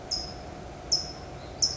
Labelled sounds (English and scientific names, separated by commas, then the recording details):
California Towhee (Melozone crissalis)
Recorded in Sonoma County, California